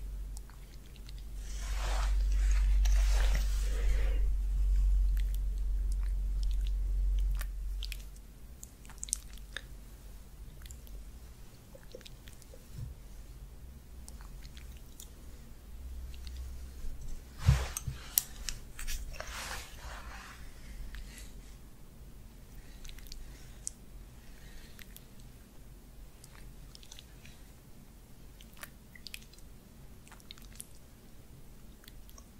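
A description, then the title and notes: Soft sounds of hands working oil over a face, with wet squishing and light tapping scattered throughout. A louder rubbing stretch with a low rumble fills the first eight seconds, then the touching settles into quieter, irregular strokes. ASMR Oil Face Massage & Facial Treatment Roleplay for Sleep face touching personal attention.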